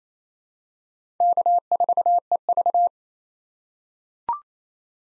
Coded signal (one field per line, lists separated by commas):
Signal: Morse code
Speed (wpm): 28 wpm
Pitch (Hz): 700 Hz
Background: none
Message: K4EV